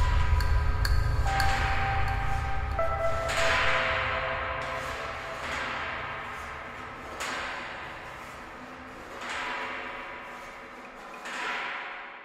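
A handful of soft piano notes ring out from behind a door, one at a time at a slow, uneven pace, each chiming tone lingering and fading before the next, with no voices present.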